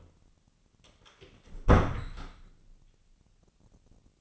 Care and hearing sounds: daily activity, microphone in the room; close door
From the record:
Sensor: 4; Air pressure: 1010.1 hPa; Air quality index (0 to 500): 198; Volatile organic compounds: 3 ppm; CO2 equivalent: 1422 ppm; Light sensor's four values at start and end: 36/88/36/39 and 38/92/38/40

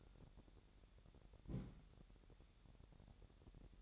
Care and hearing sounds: daily activity, microphone in the room; place on stove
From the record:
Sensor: 3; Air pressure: 1012.1 hPa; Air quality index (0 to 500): 197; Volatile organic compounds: 3 ppm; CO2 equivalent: 1474 ppm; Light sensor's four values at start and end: 121/285/118/107 and 121/285/118/107

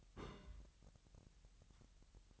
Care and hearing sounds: daily activity, microphone in the room; place on stove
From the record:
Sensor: 3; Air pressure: 1002.0 hPa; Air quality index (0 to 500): 249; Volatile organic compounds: 51 ppm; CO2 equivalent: 3312 ppm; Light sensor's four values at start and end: 6/15/6/6 and 6/15/6/6

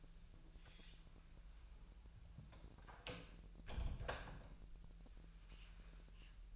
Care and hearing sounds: daily activity, microphone in the room; close door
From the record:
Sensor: 2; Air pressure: 1001.0 hPa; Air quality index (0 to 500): 249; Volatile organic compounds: 97 ppm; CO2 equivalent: 3736 ppm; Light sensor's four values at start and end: 5/13/5/5 and 5/13/5/5

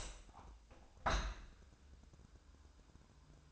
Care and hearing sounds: daily activity, microphone in the room; open window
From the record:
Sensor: 2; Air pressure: 1000.3 hPa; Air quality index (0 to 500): 140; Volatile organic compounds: 2 ppm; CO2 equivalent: 1168 ppm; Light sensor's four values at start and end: 11/30/11/13 and 11/31/12/14

